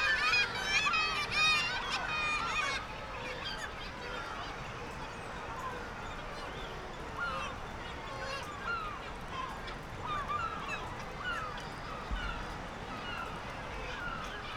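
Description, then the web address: Black-legged kittiwakes crying in a loud burst of overlapping nasal calls for the first few seconds, then a softer ongoing chorus over steady noise. "Black legged kittiwake. صدای-پرنده-کاکایی-پاسیاه"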